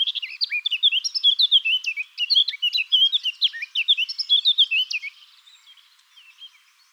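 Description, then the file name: Eurasian blackcap warbling song, a rapid flowing stream of clear whistles and scratchy notes lasting about five seconds, then fading into quiet. "Sylvia atricapilla"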